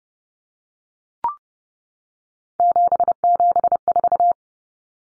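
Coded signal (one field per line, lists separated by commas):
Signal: Morse code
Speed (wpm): 30 wpm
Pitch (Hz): 700 Hz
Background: none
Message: 774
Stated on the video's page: Morse drill of common three-digit cut numbers at 30 wpm, with T, A, N standing for 0, 1, 9; each is sent, spoken, then sent again.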